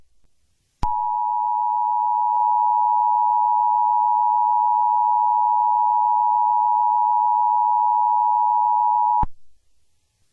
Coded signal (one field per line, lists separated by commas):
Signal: Emergency Alert System (SAME) tones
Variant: 853 and 960 Hz attention tone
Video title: TORNADO - a mini series EAS scenario [NON CANON]